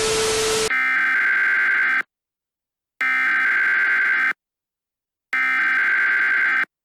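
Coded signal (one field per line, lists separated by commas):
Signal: Emergency Alert System (SAME) tones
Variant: header bursts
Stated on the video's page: Fictional EAS scenario, a requested series finale.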